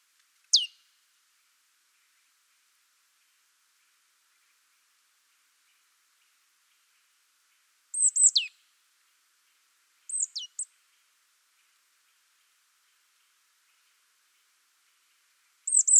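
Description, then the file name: Marsh tit giving scattered, high, thin notes that slide downward, in short bursts spaced several seconds apart against near silence. "Poecile palustris"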